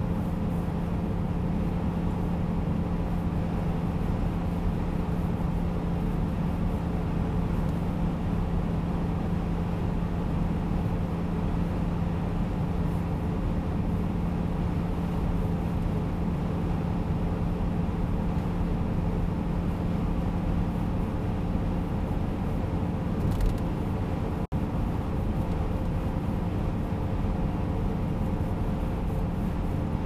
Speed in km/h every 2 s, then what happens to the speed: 95, 94, 95, 94, 94, 95, 95, 94, 94, 95, 95, 96, 97, 96, 96.
0-30 steady at about 95.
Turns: none.